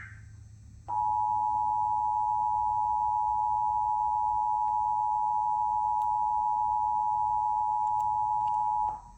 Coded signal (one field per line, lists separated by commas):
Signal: Emergency Alert System (SAME) tones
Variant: 853 and 960 Hz attention tone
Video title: 2023 National EAS Test on Mediacom